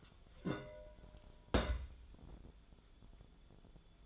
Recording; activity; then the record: daily activity, microphone in the room; place on stove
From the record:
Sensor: 5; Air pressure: 1010.0 hPa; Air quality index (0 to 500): 149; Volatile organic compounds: 3 ppm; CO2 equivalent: 1454 ppm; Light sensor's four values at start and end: 241/580/250/276 and 241/587/250/273